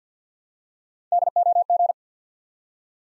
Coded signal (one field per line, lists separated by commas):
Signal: Morse code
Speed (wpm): 49 wpm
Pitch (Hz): 700 Hz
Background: none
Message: D O G